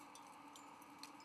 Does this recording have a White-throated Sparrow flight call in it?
no